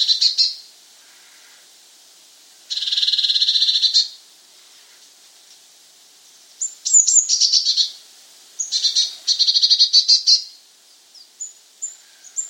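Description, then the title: Eurasian blue tit repeating harsh, buzzy churring bursts in several runs, separated by quiet gaps and brief thin high notes. "Gelatikbt. Eurasian Blue Tit (Cyanistes caeruleus)"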